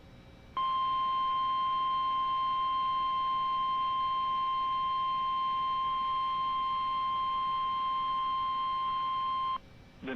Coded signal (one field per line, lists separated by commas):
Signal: Emergency Alert System (SAME) tones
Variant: 1050 Hz attention tone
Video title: Severe Thunderstorm Warning for parts of New York and Pennsylvania (EAS #80)